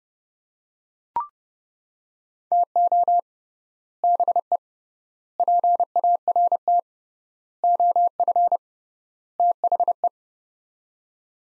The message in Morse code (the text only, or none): TO BE PART OF THE